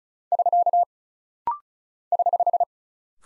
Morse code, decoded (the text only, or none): <SK> <HH>